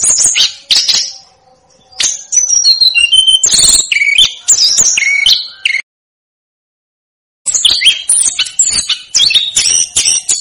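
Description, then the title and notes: Snowy-browed flycatcher song: dense bursts of sharp high chirps and short whistles, a clear silent break midway, then another busy twittering phrase. Masteran recording made for training cage birds; local names Tledekan Gunung and Sikatan Gunung. "Masteran Tledekan Gunung Sikatan Gunung 1. BURUNG TLEDEKAN"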